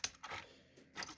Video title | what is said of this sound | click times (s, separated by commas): Showcase: A great mix of Tow Trucks to move your collection around | and locks into place and the cool thing is is the whole front area is open here so it can accommodate | 0.0 s